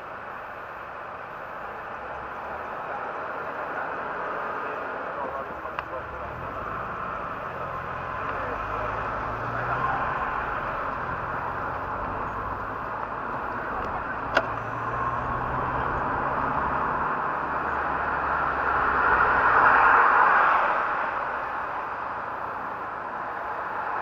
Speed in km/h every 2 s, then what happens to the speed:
1, 1, 1, 4, 14, 20, 24, 28, 31, 26, 23, 8.
0-5 standing. 5-16 pulls away to 31. 16-24 slows to 8.